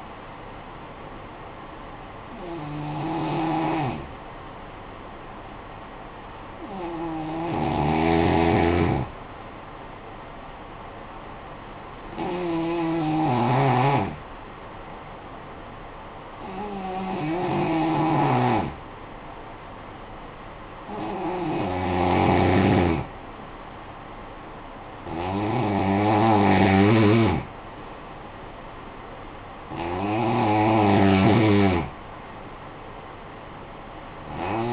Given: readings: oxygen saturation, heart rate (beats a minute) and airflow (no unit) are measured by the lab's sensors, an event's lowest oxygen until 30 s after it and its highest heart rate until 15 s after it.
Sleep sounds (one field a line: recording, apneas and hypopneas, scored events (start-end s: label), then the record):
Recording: breathing in sleep by a voice recorder at the bedside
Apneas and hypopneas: 1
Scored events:
3.00-21.30 s: hypopnea (N2, oxygen 95% highest, then 89% lowest, heart rate 55 at the start, 58 highest)
From the record:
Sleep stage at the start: N2 (light sleep)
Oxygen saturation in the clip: 88 to 95%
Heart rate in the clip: 53 to 58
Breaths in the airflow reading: 7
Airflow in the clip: -9.6 to 7.0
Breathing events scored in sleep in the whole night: 445 in 7.6 hours asleep